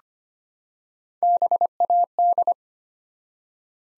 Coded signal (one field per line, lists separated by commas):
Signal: Morse code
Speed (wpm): 25 wpm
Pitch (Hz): 700 Hz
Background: none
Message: BAD